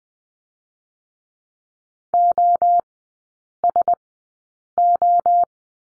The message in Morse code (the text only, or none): OSO